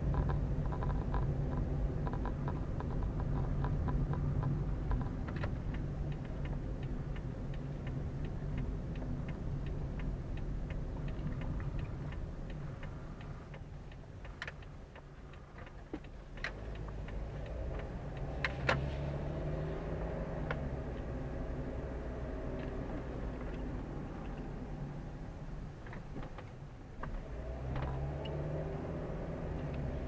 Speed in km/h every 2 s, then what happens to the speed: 24, 24, 22, 21, 20, 18, 10, 6, 12, 19, 25, 26, 12, 13, 23.
0-14 slows to 6. 14-20 speeds up to 25. 22-24 brakes to 12. 25-30 speeds up to 23.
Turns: 13-18.